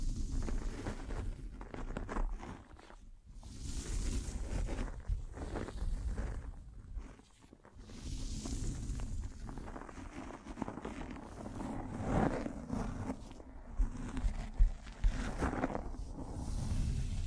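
Microphone brushing and scratching, a dense, rough rustle heavy in the low end, with scraping strokes that swell and fade irregularly. Brief quieter gaps fall around three, seven and thirteen seconds, and sharper scratchy bursts stand out near twelve and fifteen seconds.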